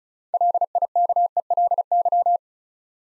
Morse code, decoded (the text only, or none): LIKELY